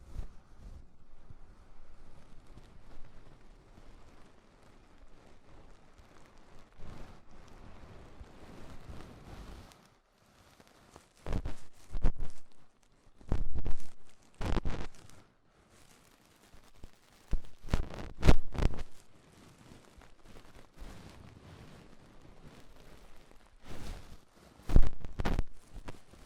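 Ear cleaning with rhinestone and clay removal: soft scratchy, crackling rubs come in short bursts separated by quieter stretches. The first ten seconds stay faint and hissy, then sharper crinkling clusters appear around 11, 14, 18 and 24–25 seconds.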